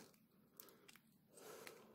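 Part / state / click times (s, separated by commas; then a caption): plastic accessory onto an action figure / not seated / none. A small plastic accessory, the bracelet or a similar part, is handled and pushed toward a Mattel Masterverse He-Man action figure from Masters of the Universe Revelation, making light plastic taps and rustling with brief ticks around 0.6, 0.9 and 1.7 seconds. The part has not gone home yet; nothing has seated or clicked.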